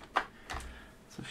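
While reassembling a Philips LatteGo bean-to-cup coffee machine, a plastic mounting part is pressed into the machine's housing. It snaps into place with a sharp click at 0.17 s, followed by a softer knock with a low hum at 0.5 s and a faint tick near 1.2 s. The mount is seated.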